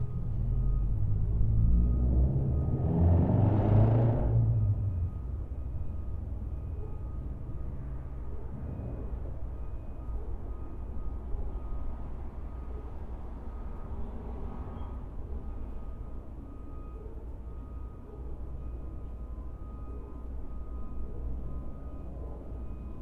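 Steady low traffic rumble throughout, with a louder vehicle passing in the first five seconds, then a softer hum and faint thin tones.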